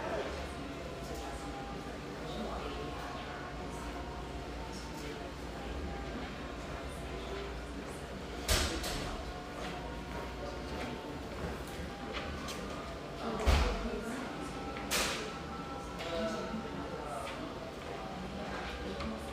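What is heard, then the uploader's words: A humming café with a steady murmur of voices and a low rumble underneath throughout. Sharp clinks and knocks punctuate it, most clearly around 8.5, 13.5 and 15 seconds, with smaller clatters scattered between. Humming café, settled near the beach just north of San Diego.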